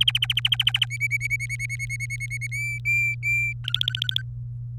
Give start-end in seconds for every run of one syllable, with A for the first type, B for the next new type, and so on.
0.01-0.85 A, 0.90-2.47 B, 2.51-3.53 C, 3.64-4.22 D